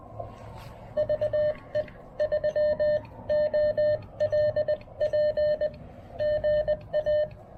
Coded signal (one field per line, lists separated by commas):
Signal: Morse code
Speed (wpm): 19 wpm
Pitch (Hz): 600 Hz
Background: none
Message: VE 3 OL P GA